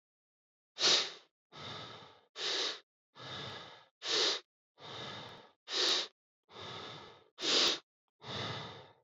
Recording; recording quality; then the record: shallow breathing; excellent, no background noise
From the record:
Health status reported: COVID-19 positive, mild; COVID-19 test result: positive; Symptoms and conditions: cold, fatigue, loss of smell and taste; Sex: male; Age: 34 years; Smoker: yes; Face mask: not worn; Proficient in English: yes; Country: India